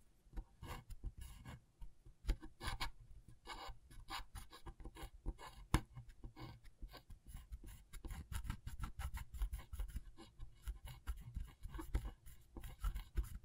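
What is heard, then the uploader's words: Scratchboard being worked with a sharp tool, a dense run of short scraping strokes that rasp and crackle one after another without pause. The strokes come quickly and unevenly, some louder and brighter than others, with a low rubbing thump under them throughout. ASMR Brain Tingling Scratchboard (No Talking).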